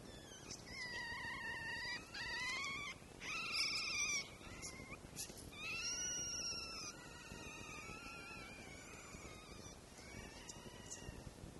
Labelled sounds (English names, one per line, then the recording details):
Red Fox
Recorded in captivity
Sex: diverse
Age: diverse
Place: Zoologisches Institut der HUB, Berlin, DE
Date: 1955-04-25 13:00
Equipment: Elmetra
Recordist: Tembrock, Günter